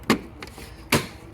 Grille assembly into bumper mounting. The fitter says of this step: and then you just kind of push and we'll hear it click